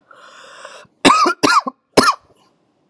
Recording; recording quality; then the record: heavy voluntary cough; excellent, no background noise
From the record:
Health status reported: COVID-19 positive, moderate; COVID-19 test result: positive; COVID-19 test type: RT-PCR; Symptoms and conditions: cough, cold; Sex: male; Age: 23 years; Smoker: no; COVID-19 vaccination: both doses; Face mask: not worn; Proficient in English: yes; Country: United States